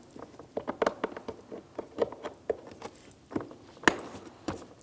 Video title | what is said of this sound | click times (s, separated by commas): How to Replace Driver Side Power Window & Door Lock Switch 2006-2010 Hyundai Sonata | An audible click from that. It's definitely secure. | 3.9 s